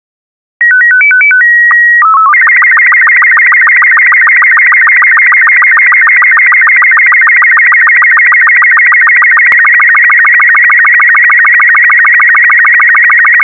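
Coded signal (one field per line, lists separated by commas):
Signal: SSTV (slow-scan television)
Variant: Robot 36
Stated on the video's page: SSTV demo generated with freeware, converting a 320x256 BMP to a WAV file and played through RS-BA1.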